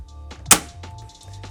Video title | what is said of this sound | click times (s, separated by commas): Is This The Best Timer? - StackMat Pro G5 | so you can hear it click into place | 0.3 s, 0.8 s